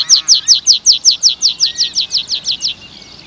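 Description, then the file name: Meadow pipit song: a quick, even series of thin, high, descending notes, then quiet. "graspieper"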